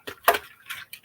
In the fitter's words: into my embossing folder, and I'll feel it click into place around the appropriate stars.